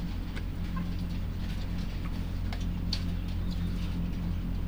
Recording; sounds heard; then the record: poultry house recording; sick chickens (respiratory disease)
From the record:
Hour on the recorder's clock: 21